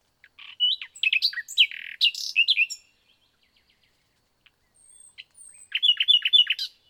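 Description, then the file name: Common nightingale song with varied chirps and whistles, a quiet gap with a faint thin whistle, then a rapid run of repeated sharp notes. "Luscinia megarhynchos"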